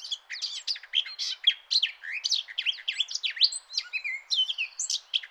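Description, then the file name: Eurasian blackcap song, a busy unbroken warble of squeaky, scratchy and fluty high notes throughout, with faint steady hiss behind. "Sylvia atricapilla"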